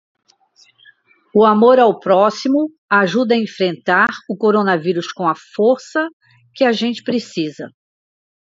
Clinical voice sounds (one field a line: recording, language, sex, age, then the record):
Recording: spoken sentence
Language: Brazilian Portuguese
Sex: female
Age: 60 to 69 years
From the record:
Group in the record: control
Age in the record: 68 years